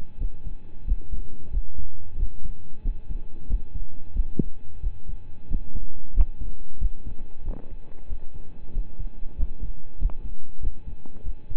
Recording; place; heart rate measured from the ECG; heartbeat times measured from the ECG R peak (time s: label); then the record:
heart sounds by stethoscope; between the tricuspid and mitral areas; 92 bpm
0.18 s: heartbeat
0.85 s: heartbeat
1.50 s: heartbeat
2.16 s: heartbeat
2.82 s: heartbeat
3.47 s: heartbeat
4.12 s: heartbeat
4.80 s: heartbeat
5.47 s: heartbeat
6.13 s: heartbeat
6.78 s: heartbeat
7.43 s: heartbeat
8.07 s: heartbeat
8.72 s: heartbeat
9.36 s: heartbeat
9.98 s: heartbeat
10.60 s: heartbeat
11.23 s: heartbeat
From the record:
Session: rest, lying down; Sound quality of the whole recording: partially saturated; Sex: male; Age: 25 years